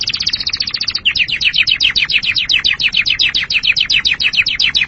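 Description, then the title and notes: Canary singing a fast, high trill that changes into a long series of repeated, downward-slurred chirps. "BM Suara Burung Kenari"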